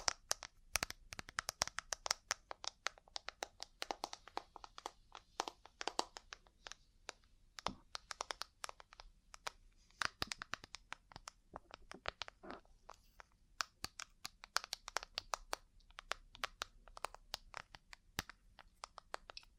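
Ear cleaning and tapping sounds come as a dense run of short, sharp clicks and taps across the whole twenty seconds, bright and crisp, some louder than others. The taps fall irregularly, in quick clusters with brief gaps, over a faint low hum.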